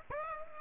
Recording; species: mosquito wingbeat signal from an infrared sensor; Aedes aegypti